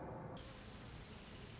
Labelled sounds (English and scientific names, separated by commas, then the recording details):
Anna's Hummingbird (Calypte anna)
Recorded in Sonoma County, California